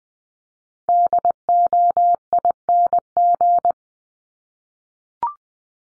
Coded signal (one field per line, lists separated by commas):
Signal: Morse code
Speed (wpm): 20 wpm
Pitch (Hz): 700 Hz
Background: none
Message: DOING